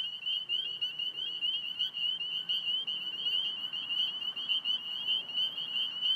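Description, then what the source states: Spring peepers in full chorus, piercing high peeps stacked on one another in an unbroken ring, soft traffic hum low in the background. Belle View, Alexandria, Virginia, 27 March 2017, 8:06 pm; calling despite recently mowed cattail and grass habitat; traffic from Fort Hunt Rd in background; recorded on iPhone 6+ with Rode Recording app.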